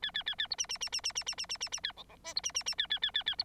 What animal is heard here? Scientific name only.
Lonchura striata domestica